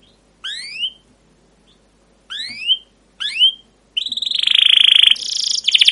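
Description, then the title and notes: Canary song: three separate brief phrases of rising, slurred chirps, then a sustained buzzy trill with a harsher, vibrating section. Caged canary song used as lure to train young canaries to learn sounds; style described as cuit cuit ngerol, gacor panjang, emosi: chirping, rolling, long continuous excited singing. "CUIT CUIT NGEROL GACOR PANJANG Kenari Pancingan KENAR. PANCINGAN Kenari GACOR PANJANG Cuit CUIT EMOSI MASTERAN Kenari PAUD belajar BUNYI. burung kenari"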